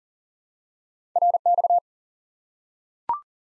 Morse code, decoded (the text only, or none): RX